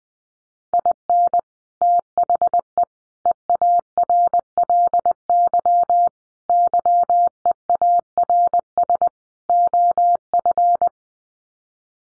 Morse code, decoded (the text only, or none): IN THE EARLY YEARS OF